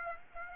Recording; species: mosquito wingbeat signal from an infrared sensor; Aedes aegypti